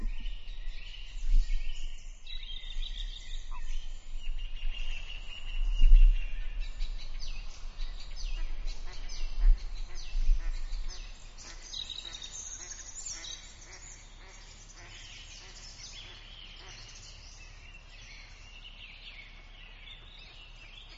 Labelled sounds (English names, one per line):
Common Frog call